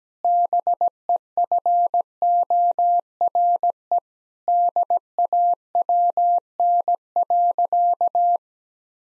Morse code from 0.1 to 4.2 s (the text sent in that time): BEFORE